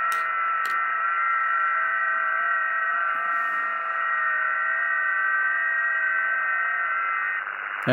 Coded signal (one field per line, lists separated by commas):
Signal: FT8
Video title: R1CBU - FT8 Transmit & Decode X6100 , 2025